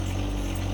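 The steel outrigger leg of a John Deere 260B backhoe mounted on a 2025R Gen 2 compact tractor is being hydraulically raised toward its stowed lock on the backhoe frame. A steady, low engine and hydraulic drone with strong hum tones below 300 Hz runs throughout, with no sharp hits. Nothing has locked or seated yet.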